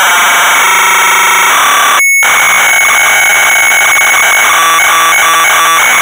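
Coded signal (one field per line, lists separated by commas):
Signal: computer data on cassette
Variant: Amstrad CPC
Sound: harsh buzzing data screech with steady tones, a brief silence, then more screeching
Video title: Predator (1987) - Amstrad CPC 464 (Full Tape Rip / Cassette Load)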